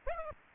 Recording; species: mosquito wingbeat signal from an infrared sensor; Aedes aegypti